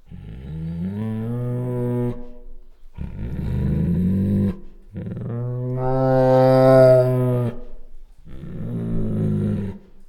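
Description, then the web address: Bengal tiger giving soft, drawn-out growls in four separate bouts, low and throaty with a rough, moaning tone, each lasting a few seconds with short silences between. Female, soft growls. "Sound Ideas Tigers Sound Effects"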